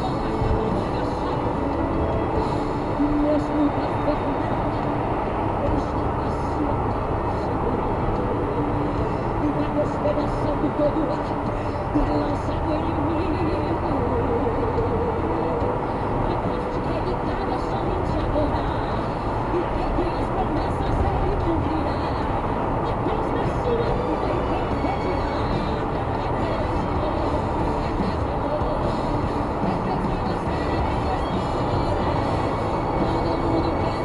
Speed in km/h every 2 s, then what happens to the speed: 111, 115, 118, 119, 119, 120, 121, 122, 122, 120, 120, 120, 119, 118, 119, 120, 120.
0-14 speeds up to 122. 14-34 steady at about 120.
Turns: none.